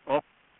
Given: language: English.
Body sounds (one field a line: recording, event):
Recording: throat vibration sensor signal played as sound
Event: speech